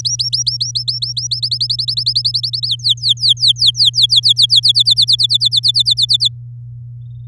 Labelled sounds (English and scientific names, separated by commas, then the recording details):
Domestic Canary (Serinus canaria) song
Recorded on 11 May 2018 at 08:37
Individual llb16